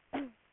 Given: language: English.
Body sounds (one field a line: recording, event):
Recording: throat vibration sensor signal played as sound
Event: cough